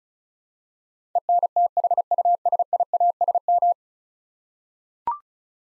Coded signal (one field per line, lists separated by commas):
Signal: Morse code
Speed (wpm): 36 wpm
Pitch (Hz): 700 Hz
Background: none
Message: ENTHUSIASM